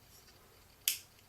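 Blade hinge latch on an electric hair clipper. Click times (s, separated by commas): 0.9 s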